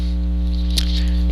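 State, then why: Seated. With the magazine release lock screw on a Sig Sauer 1911 Extreme pistol frame turned clockwise all the way, the steel magazine release button snaps back into its seat with a sharp click at 0.8 s. Fainter ticks follow around 1.3 s over a steady low hum. The button is seated.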